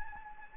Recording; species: mosquito wingbeat signal from an infrared sensor; Anopheles gambiae